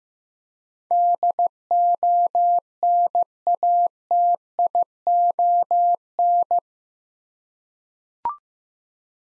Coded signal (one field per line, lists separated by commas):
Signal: Morse code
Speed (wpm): 15 wpm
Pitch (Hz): 700 Hz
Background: none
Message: DONATION